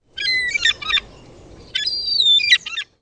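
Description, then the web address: Bird calls in two bursts separated by a short pause, each a quick run of shrill, squeaky chirps with bright overtones. "Eyewitness Birds"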